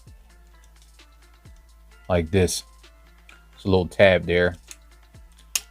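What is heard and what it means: During transformation of an X-Transbots MX-46 Big Load plastic transforming robot figure, a small plastic tab is pushed into its slot while someone talks. At 5.6 s there is a single sharp, loud snap as the tab seats in its slot.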